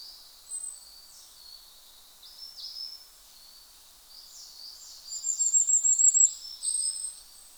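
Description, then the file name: Common firecrest high, quick note series heard briefly among several other small birds giving thin chirps and sliding calls. "tuzesfeju kiralyka Regulus ignicapilla"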